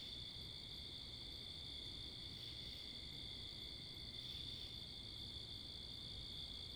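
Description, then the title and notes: Crickets sing a constant high trill, with faint fast ticking above it and a low wash of wind and traffic underneath. Crickets recorded in Wakefield, Rhode Island, 10 October 2021 at 11:35pm, facing northeast, with two Rode NTG-3 shotgun mics on a Sound Devices MixPre 10ii; cars and wind present. "Oct 10th 2021 11:35pm Wakefield, Rhode Island. Crickets, Cars, and Wind"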